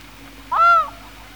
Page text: Голоса птиц - Чернозобая гагара